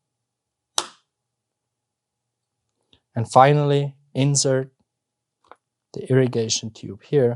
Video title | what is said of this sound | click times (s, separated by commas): How to open a vitrectomy pack & install the I/A tubing system - Faros - #010 | Press it down until you hear that clicking sound. | 0.8 s